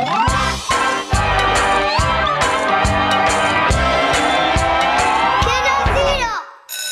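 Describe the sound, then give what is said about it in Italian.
A loud, unbroken din of many young children shouting and shrieking at once during kindergarten recess, high voices overlapping for several seconds before cutting off abruptly at the end. “E ora bambini, ricreazione.”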